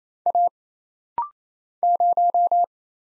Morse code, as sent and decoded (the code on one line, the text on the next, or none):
.- / -----
A 0